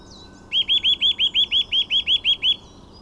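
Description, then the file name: Eurasian nuthatch with a rapid run of about a dozen identical upward-swept whistles, evenly spaced and loud, preceded by a faint higher bird note. "Sitta europaea"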